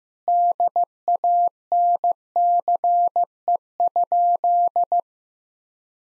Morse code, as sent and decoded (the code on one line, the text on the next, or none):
-.. .- -. -.-. . ..--..
DANCE?